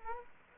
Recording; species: mosquito wingbeat signal from an infrared sensor; Culex quinquefasciatus